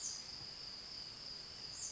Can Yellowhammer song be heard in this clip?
no